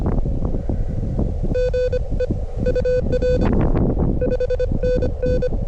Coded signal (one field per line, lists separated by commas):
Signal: Morse code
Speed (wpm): 22 wpm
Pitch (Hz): 500 Hz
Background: none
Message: GE UA 5NN